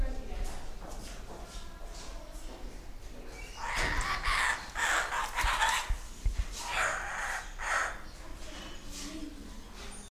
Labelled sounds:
Laughing Kookaburra call
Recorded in captivity
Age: subadult
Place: Zoo Berlin, Berlin, DE
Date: 1998-06-20 11:20
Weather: wolkig - heiter, 22°C
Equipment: Sony MD-WM MZ-R3, Sennheiser ME 80, Kopie Uher 4000 Report Monitor
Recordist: Tembrock, Günter
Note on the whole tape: D.gigas: subadulter Jungvogel: Lautfolgen bei Annäherung an adultes Tier, Entfernung ca. 1 m

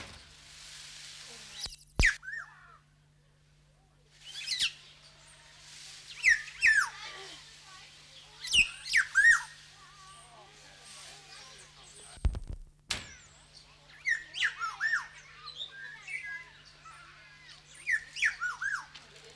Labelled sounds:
Black-naped Oriole
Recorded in captivity
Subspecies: celebensis
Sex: male
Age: adult
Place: Zoo Berlin, Berlin, DE
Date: 1995-02-25 11:19
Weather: wolkig, 3°C
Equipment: Marantz CP 430, Sennheiser ME 80, Kopie Uher Variocord 263
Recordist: Tembrock, Günter

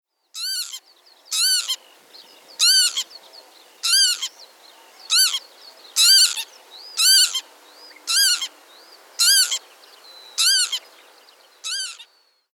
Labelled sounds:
Northern Lapwing
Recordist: Tembrock, Günter
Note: Flugrufe

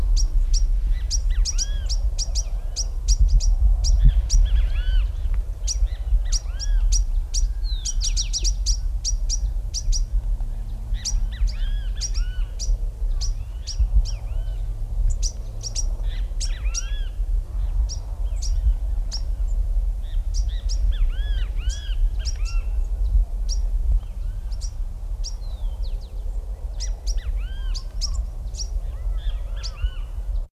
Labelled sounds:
Chaco Sparrow call
Great Kiskadee
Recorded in captivity
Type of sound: call
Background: Pitangus sulphuratus
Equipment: Halbspur, 9,5 cm/s
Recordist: Lütgens, Hans
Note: erregt

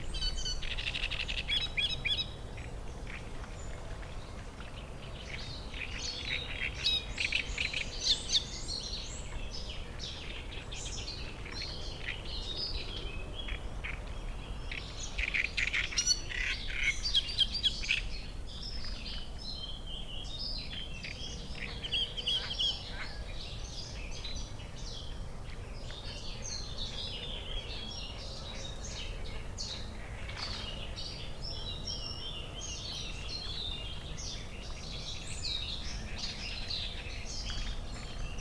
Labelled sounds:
Great Reed Warbler
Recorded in the wild
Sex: male
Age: adult
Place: Müggelsee, Berlin, DE
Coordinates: 52.43, 13.64
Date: 1989-05-13
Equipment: Uher 4400 Report Monitor, Sennheiser ME 80, K 30 AV
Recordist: Fischer, Stefan
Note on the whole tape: Südufer des Müggelsees: Gesang (Tier 80677299 [1453])

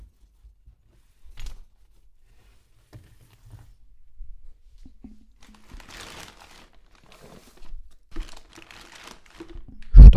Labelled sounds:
Fischer's Lovebird call
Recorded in captivity
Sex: pair
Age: adult
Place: Zepernick, Barnim, Brandenburg, DE
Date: 2004-09-30 12:30
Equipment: Tascam DA-P1, Sennheiser MKH 70
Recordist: Frommolt, Karl-Heinz

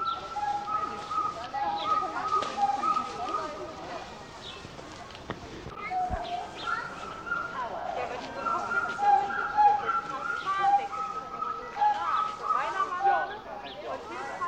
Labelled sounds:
Pileated Gibbon
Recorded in captivity
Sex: pair
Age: adult
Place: Zoo Berlin, Berlin, DE
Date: 1987-08-13 11:00
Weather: bedeckt
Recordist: Tembrock, Günter

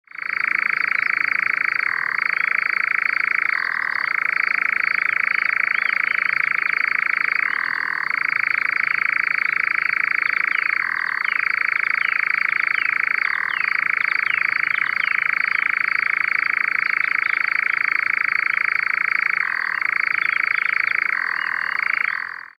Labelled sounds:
Eurasian Nightjar
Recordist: Frommolt, Karl-Heinz
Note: Gesang

